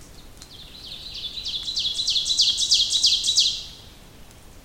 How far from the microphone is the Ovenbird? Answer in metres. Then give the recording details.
about 15 m. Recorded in boreal forest in Alberta, Canada, on 2 June 2016 at 06:30. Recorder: SongMeter 3, array SBT-3-7. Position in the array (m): 78 m, 93 m. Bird 5